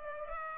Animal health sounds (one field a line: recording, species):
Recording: mosquito wingbeat signal from an infrared sensor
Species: Culex pipiens